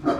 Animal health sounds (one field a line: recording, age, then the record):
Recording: pig call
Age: growing-finishing pig (85 days or more)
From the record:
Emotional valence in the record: positive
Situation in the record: run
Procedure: transit